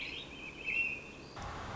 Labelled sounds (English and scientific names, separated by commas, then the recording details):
American Robin (Turdus migratorius)
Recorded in Sonoma County, California